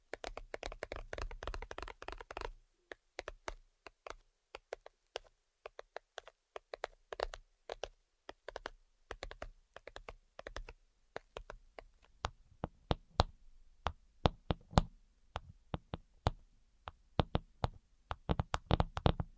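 Tapping with no talking: quick, sharp taps that come in fast flurries, densest in the first two and a half seconds, then continue in irregular bursts and pauses. Some taps carry a low hollow thud beneath the crisp clicks, especially near the end.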